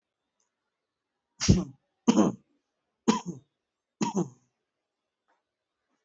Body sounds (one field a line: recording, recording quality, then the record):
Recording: shallow voluntary cough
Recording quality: excellent, no background noise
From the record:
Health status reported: healthy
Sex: male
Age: 43 years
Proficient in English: yes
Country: India